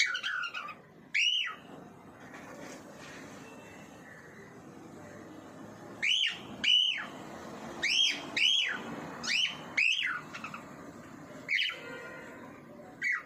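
Bird uttering loud arched calls, singly and in pairs at uneven intervals, against a low hissing background.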